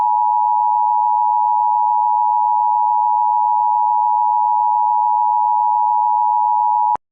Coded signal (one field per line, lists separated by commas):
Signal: Emergency Alert System (SAME) tones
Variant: 853 and 960 Hz attention tone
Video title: EAS MOCK | Wyoming nightmare